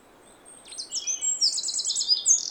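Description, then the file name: Eurasian wren: a high, fast rattling trill starts after a brief pause and runs on loudly to the end, with pulsing notes and quick squeaky ornaments. "Troglodytes troglodytes"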